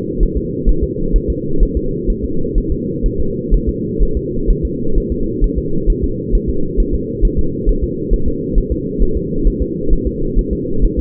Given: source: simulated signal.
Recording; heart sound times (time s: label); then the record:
fetal heart sounds
0.23 s: S1
0.37 s: S2
0.69 s: S1
0.83 s: S2
1.16 s: S1
1.30 s: S2
1.63 s: S1
1.77 s: S2
2.10 s: S1
2.24 s: S2
2.58 s: S1
2.72 s: S2
3.06 s: S1
3.20 s: S2
3.54 s: S1
3.69 s: S2
4.03 s: S1
4.17 s: S2
4.50 s: S1
4.65 s: S2
4.98 s: S1
5.12 s: S2
5.44 s: S1
5.58 s: S2
5.90 s: S1
6.04 s: S2
6.35 s: S1
6.50 s: S2
6.80 s: S1
6.94 s: S2
7.25 s: S1
7.39 s: S2
7.69 s: S1
7.84 s: S2
8.14 s: S1
8.28 s: S2
8.58 s: S1
8.72 s: S2
9.02 s: S1
9.17 s: S2
9.47 s: S1
9.62 s: S2
9.93 s: S1
10.07 s: S2
10.39 s: S1
10.53 s: S2
10.84 s: S1
10.99 s: S2
From the record:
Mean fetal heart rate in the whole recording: 130 bpm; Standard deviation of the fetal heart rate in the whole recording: 4 bpm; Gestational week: 38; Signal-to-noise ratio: -8.1 dB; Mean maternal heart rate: 72 bpm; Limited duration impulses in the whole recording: absent